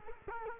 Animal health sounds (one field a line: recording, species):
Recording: mosquito wingbeat signal from an infrared sensor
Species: Culex quinquefasciatus